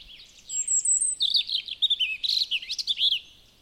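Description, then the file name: European robin song: a high thin whistled note, then a fast tumbling run of sweet, varied warbling phrases lasting about two seconds. "Erithacus rubecula"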